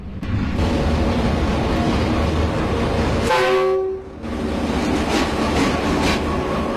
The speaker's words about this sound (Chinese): 青龙桥站客车快1596压道行走。